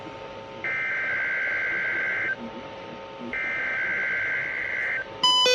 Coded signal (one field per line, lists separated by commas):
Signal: Emergency Alert System (SAME) tones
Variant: header bursts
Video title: EAS #249 Required Weekly Test For KEC56 On NWR